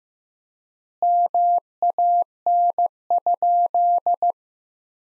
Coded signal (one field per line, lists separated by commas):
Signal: Morse code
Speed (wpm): 15 wpm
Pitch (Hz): 700 Hz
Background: none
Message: MAN?